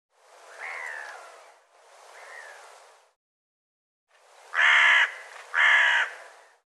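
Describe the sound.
Bird giving two drawn-out hoarse calls, then a pause and two louder, harsher calls.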